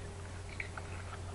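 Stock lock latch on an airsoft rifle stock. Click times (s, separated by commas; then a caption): 0.6 s, 0.8 s. A small latch on the folding stock of an airsoft replica rifle is pulled up and over its catch and let drop, giving two short, sharp clicks at 0.6 s and 0.8 s against a steady low hum. The latch locks into place.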